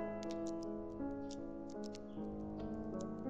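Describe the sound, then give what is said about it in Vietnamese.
An expensive watch with a pure white diamond exterior and handmade hands, bought in France and one of only five in the world, ticks in a quick, steady rhythm of small, sharp clicks, layered over sustained low musical tones that hold and shift underneath. “Hắn cúi đầu nhìn đồng hồ trong tay mình, bên ngoài màu trắng thuần khiết, kim đồng hồ không ngừng quay, màu trắng chính là kim cương.”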